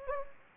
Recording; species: mosquito wingbeat signal from an infrared sensor; Anopheles gambiae